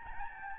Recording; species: mosquito wingbeat signal from an infrared sensor; Aedes albopictus